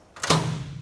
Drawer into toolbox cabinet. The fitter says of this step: they've got a really nice like solid click when you uh close the drawers and open the drawers so it just feels really sturdy